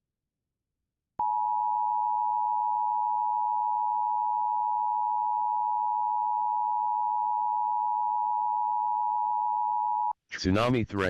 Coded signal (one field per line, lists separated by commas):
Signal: Emergency Alert System (SAME) tones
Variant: 853 and 960 Hz attention tone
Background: speech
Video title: EAS | Civil Danger Warning for all of Hawaii regarding Tsunami Threat (7/30/25 EDT)